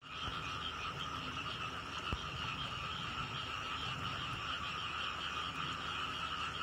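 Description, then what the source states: Frogs calling in a dense, unbroken chorus, a steady drone holding two pitch bands, one middle and one high, throughout with no pauses. Recorded 18 April 2020.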